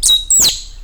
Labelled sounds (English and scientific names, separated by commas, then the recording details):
Stitchbird (Notiomystis cincta) song
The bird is a male
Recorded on Tiritiri Matangi Island, New Zealand, in 2005
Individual 20, of nest box 28